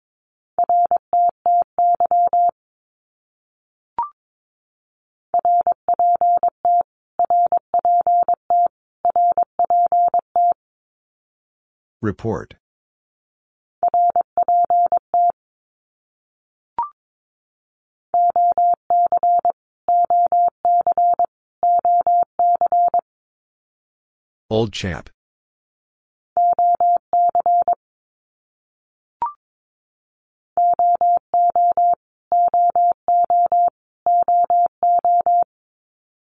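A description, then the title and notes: Morse code beeps at a single steady mid pitch, sent in rapid groups of short and long tones separated by brief pauses. Two loud scraping noises break in around 12 and 25 seconds, and a faint click sounds every few seconds. Abbreviations Repeated 3x - 22wpm. First, it is sent three times in Morse code. Finally, it is sent again in Morse code.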